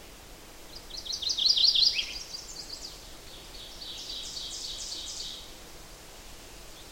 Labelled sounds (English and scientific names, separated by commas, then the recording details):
Ovenbird (Seiurus aurocapilla) song
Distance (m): 45 m
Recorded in boreal forest in Alberta, Canada, on 8 June 2016 at 07:45
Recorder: SongMeter 3, array SBT-3-9
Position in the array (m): 42 m, 98 m
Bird 33